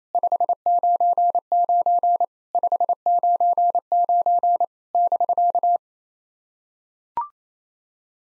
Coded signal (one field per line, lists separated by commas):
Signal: Morse code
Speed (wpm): 29 wpm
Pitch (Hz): 700 Hz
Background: none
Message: 599 599 <BK>